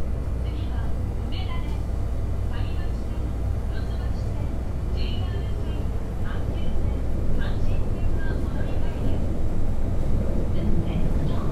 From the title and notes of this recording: 大阪市地下鉄 10系チョッパ車 中津から天王寺まで. It is running sound of the Osaka Metro 10 series train (chopper car). I recorded on the Midosuji line.